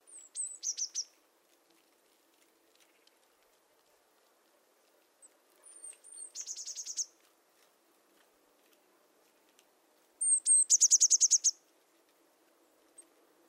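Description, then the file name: Eurasian blue tit gives three bursts, each a thin high note followed by a fast ringing trill, repeated about every five seconds in quiet surroundings. "Cyanistes caeruleus"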